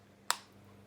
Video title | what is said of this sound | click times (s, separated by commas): MUST WATCH! Creed Aventus Versus Club De Nuit. Intense man Review 2019. | got like nice satisfying click which | 0.3 s